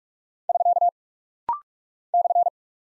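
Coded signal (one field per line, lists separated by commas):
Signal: Morse code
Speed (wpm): 44 wpm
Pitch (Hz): 700 Hz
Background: none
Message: <SK> /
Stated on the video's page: Rapid-fire 45 wpm practice drill of punctuation and prosign characters for head-copy, each sent, spoken, then sent again.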